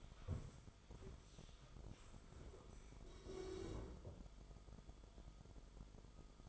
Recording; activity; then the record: daily activity, microphone in the room; stand up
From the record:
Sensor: 5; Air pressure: 1005.5 hPa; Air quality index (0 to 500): 104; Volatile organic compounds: 2 ppm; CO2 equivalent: 1276 ppm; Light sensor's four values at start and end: 34/78/31/29 and 34/78/31/29